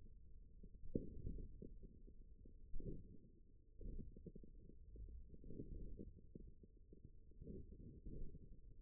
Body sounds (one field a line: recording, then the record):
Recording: forearm muscle sounds (acoustic myography)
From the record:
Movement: thumb flexion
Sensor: system 1, eight BSWA MPA416 microphones around the upper forearm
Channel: 7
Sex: male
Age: 41 years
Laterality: right